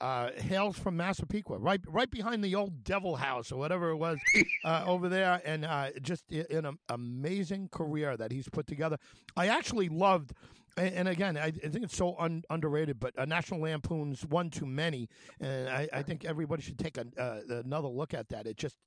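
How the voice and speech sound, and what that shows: An adult man speaks fluently at a steady conversational pace, with a clear voice and no speech disorder.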